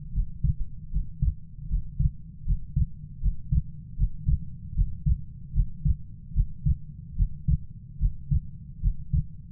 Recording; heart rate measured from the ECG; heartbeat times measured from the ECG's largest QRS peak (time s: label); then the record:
heart sounds by stethoscope; 76 bpm
0.13 s: heartbeat
0.91 s: heartbeat
1.68 s: heartbeat
2.45 s: heartbeat
3.21 s: heartbeat
3.97 s: heartbeat
4.74 s: heartbeat
5.53 s: heartbeat
6.33 s: heartbeat
7.15 s: heartbeat
7.98 s: heartbeat
8.81 s: heartbeat
From the record:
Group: healthy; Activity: Valsalva maneuver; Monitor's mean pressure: 48 mmHg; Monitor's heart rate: 77 bpm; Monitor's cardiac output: 6 L/min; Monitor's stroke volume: 80 mL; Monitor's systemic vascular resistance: 560 dyn s/cm5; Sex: female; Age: 19 years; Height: 163 cm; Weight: 48.9 kg